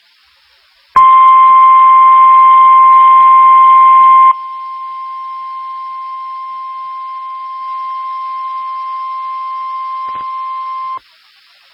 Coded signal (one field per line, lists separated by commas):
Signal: Emergency Alert System (SAME) tones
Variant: 1050 Hz attention tone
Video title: Severe Thunderstorm Warning (EAS #594)